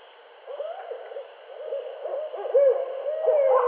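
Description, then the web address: Barred owl calls, a string of quick cackling hoots building into a long drawn-out wail that rises then slides down near the end. Recorded 8 September 2011. "Barred Owl 2011 09 08"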